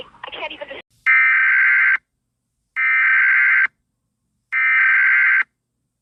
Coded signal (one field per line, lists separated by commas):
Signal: Emergency Alert System (SAME) tones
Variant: header bursts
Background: speech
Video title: EAS Mock: 9/11 Tribute (New Verison)